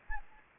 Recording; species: mosquito wingbeat signal from an infrared sensor; Anopheles gambiae